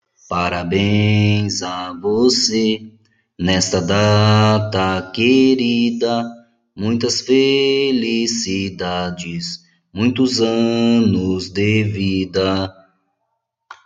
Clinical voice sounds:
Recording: short text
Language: Brazilian Portuguese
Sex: male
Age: 40 to 49 years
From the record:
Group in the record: control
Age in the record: 40 years

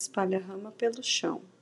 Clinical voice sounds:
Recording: short text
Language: Brazilian Portuguese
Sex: female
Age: 30 to 39 years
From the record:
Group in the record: control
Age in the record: 38 years

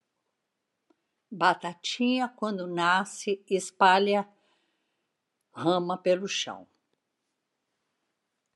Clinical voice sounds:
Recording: short text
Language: Brazilian Portuguese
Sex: female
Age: 70 to 79 years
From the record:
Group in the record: control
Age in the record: 73 years

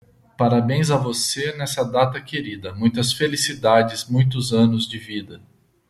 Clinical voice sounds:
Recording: short text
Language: Brazilian Portuguese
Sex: male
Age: 40 to 49 years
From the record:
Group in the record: control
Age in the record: 48 years

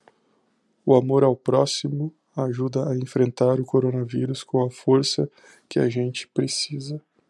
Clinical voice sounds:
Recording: spoken sentence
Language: Brazilian Portuguese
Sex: male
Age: 30 to 39 years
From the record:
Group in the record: control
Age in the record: 33 years

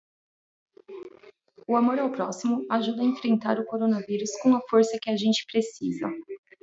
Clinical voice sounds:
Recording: spoken sentence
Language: Brazilian Portuguese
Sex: female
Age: 30 to 39 years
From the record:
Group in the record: control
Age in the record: 35 years

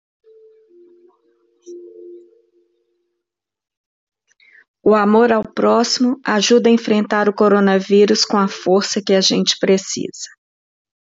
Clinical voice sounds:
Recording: spoken sentence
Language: Brazilian Portuguese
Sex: female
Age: 50 to 59 years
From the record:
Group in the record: control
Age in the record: 55 years

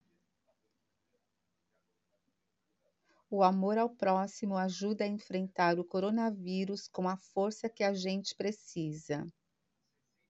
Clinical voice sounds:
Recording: spoken sentence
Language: Brazilian Portuguese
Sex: female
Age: 50 to 59 years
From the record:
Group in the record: control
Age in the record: 56 years

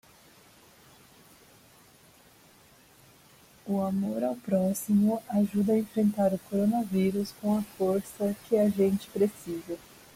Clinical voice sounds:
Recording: spoken sentence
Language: Brazilian Portuguese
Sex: female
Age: 30 to 39 years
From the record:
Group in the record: control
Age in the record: 34 years

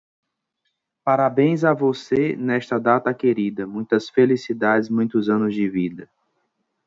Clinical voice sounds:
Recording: short text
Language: Brazilian Portuguese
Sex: male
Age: 40 to 49 years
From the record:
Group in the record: control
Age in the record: 44 years

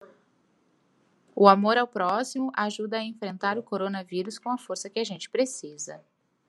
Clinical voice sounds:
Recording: spoken sentence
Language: Brazilian Portuguese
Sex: female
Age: 20 to 29 years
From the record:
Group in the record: control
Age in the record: 29 years

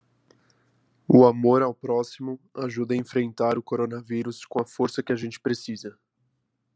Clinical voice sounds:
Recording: spoken sentence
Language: Brazilian Portuguese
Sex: male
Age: 20 to 29 years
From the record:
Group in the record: control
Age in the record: 26 years

